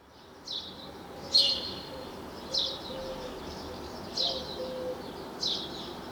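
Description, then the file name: House sparrow calls: several short chirps spaced a second or so apart, over steady background noise. "Passer domesticus"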